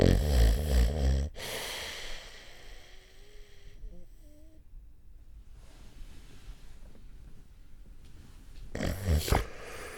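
Loud snoring from an adult sleeper with sleep apnea, then about seven seconds of near silence before a snorting restart, fitting an apnea pause.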